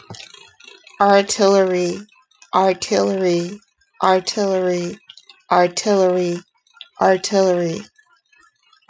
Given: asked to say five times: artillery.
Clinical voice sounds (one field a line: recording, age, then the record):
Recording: repeated word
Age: 30 to 39 years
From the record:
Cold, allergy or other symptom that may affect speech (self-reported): no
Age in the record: 33 years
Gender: other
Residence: Texas, United States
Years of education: 16